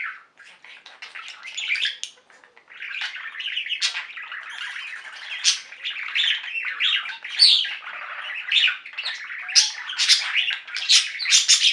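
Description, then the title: Budgerigar warble: after a brief pause early on, dense, unbroken chattering of raspy squeaks, ticks and short whistles, growing busier toward the end. "Budgie Sounds"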